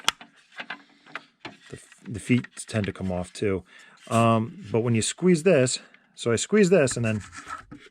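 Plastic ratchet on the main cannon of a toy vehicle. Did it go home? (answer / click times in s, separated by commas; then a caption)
no / none. Someone talks while squeezing together the two orange plastic pieces of the main cannon on a G.I. Joe Night Force Night Blaster toy vehicle, working its plastic ratchet. A few faint plastic taps and rubs are heard in the first 1.5 seconds under the speech. Nothing has seated or clicked yet.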